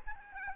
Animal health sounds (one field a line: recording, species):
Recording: mosquito wingbeat signal from an infrared sensor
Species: Aedes albopictus